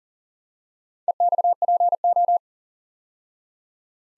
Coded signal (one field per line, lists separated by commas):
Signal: Morse code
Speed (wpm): 42 wpm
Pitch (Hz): 700 Hz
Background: none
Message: EXPO